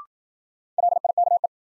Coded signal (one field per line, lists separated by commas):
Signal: Morse code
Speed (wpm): 54 wpm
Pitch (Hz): 700 Hz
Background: none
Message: LIKE